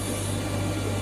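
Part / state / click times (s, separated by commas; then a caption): CNC controller backup battery into its battery holder / not seated / none. A new backup battery for the CNC controller of a FANUC machining center is positioned at its plastic holder after its cable has been routed, but it has not clicked or seated yet. Only a steady low hum near 100 Hz and constant broadband noise are heard, with no sharp sounds.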